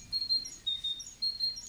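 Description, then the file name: Great tit giving thin, high, piping notes, short and repeated in quick clusters. "Kohlmeise"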